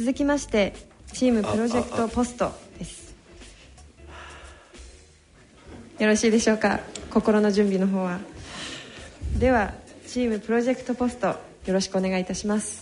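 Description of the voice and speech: A woman speaks clearly in Japanese as an event host, introducing the next team's presentation in a fluent, even voice with natural intonation. A pause of a few seconds with faint room noise falls mid-clip. Ordinary, normal speech.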